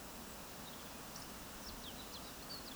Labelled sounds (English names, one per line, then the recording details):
Eurasian Woodcock whistle
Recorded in Baden-Württemberg, Germany, on 26 May 2020 at 19:48 UTC
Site 46190, 1214 m above sea level